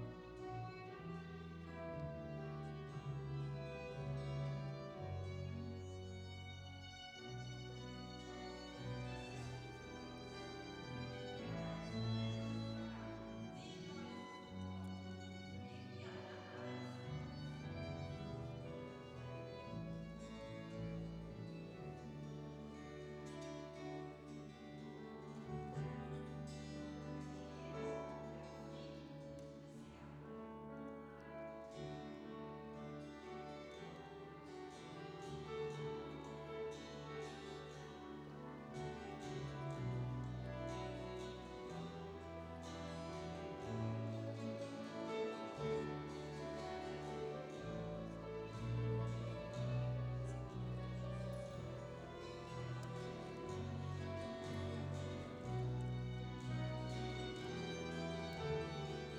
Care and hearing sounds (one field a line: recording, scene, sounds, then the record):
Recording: everyday scene through a hearing-aid microphone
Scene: reverberant space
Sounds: music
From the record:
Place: church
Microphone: in the ear canal, right